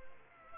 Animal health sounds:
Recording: mosquito wingbeat signal from an infrared sensor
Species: Aedes aegypti

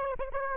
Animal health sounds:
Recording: mosquito wingbeat signal from an infrared sensor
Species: Aedes aegypti

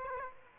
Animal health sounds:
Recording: mosquito wingbeat signal from an infrared sensor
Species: Aedes aegypti

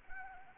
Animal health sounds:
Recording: mosquito wingbeat signal from an infrared sensor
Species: Anopheles arabiensis

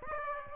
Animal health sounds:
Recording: mosquito wingbeat signal from an infrared sensor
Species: Aedes aegypti

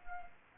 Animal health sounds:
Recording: mosquito wingbeat signal from an infrared sensor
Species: Anopheles arabiensis

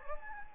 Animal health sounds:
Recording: mosquito wingbeat signal from an infrared sensor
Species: Anopheles gambiae

